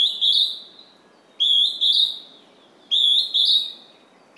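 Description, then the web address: Northern hawk-cuckoo giving piercing two-part whistled calls, the second part climbing, repeated three times roughly every one and a half seconds against faint hiss. "izumino saunndo zyuuiti"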